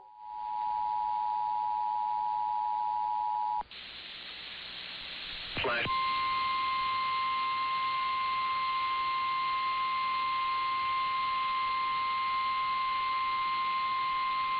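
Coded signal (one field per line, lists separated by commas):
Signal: Emergency Alert System (SAME) tones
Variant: 853 and 960 Hz attention tone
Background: speech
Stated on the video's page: EAS alerts for California flooding and storms.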